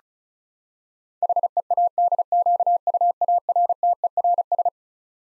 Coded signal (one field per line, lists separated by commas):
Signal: Morse code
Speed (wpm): 36 wpm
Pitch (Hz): 700 Hz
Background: none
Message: HEADQUARTERS